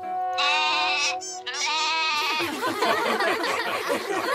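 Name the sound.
goat bleating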